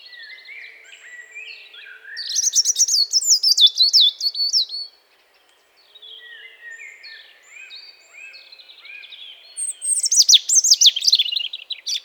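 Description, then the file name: European robin delivering bright, liquid warbles and thin descending whistles, a strong phrase early, a brief silence, then softer notes before another loud ending phrase. "Erithacus rubecula"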